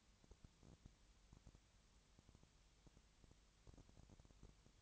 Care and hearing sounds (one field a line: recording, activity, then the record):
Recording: daily activity, microphone in the room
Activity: no activity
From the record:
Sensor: 3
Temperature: 20.6 degrees Celsius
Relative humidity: 34.7%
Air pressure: 1007.2 hPa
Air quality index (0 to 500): 137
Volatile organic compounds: 3 ppm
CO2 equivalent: 1529 ppm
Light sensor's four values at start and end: 2/3/2/2 and 2/3/2/2